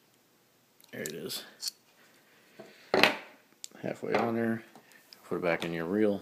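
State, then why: Not seated. A half-fitted spool and Boca bearing assembly is put back into an Evercast Camo Fishoflauge fishing reel body while someone talks, with brief sharp handling taps around 2.9 to 3.0 seconds and 3.6 seconds. The clip ends before the part goes home, so nothing has seated or clicked in yet.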